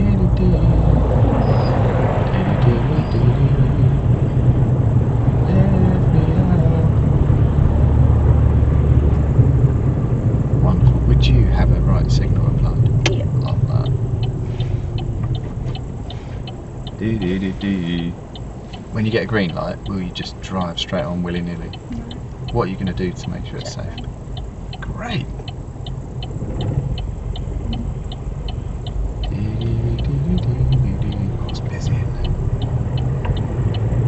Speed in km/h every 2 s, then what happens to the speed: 23, 27, 31, 31, 24, 21, 8, 3, 0, 0, 0, 0, 0, 2, 2, 8, 18.
0-4 speeds up to 31. 7-15 brakes to 0. 15-28 standing. 28-32 pulls away to 18.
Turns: none.